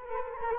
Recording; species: mosquito wingbeat signal from an infrared sensor; Culex quinquefasciatus